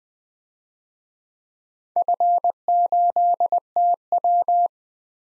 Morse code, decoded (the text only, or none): F8TW